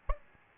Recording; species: mosquito wingbeat signal from an infrared sensor; Aedes albopictus